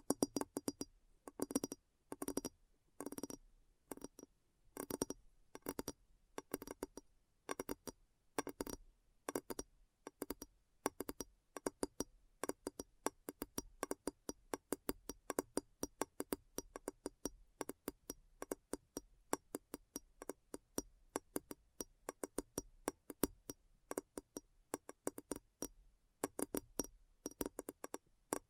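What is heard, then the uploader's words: Addictive tapping made of crisp, quick strikes, some with a glassy clink, others duller like knocks. They come in rapid bursts with brief gaps, growing denser and nearly continuous through the middle, then loosening again near the end. A faint low hum sits underneath. ASMR Addictive Tapping.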